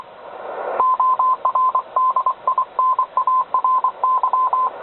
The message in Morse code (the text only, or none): ORDINARY